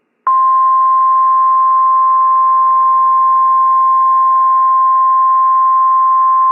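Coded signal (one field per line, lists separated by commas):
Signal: Emergency Alert System (SAME) tones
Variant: 1050 Hz attention tone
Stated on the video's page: Valid EAS tones of a Severe Thunderstorm Warning, recorded from weather radio transmitter WZ2523 Frankfort, Kentucky via a stream.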